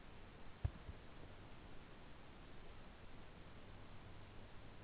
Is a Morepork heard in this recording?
no